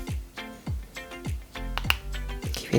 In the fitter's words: les deux éléments du filtre à huile qui viennent se clipser voilà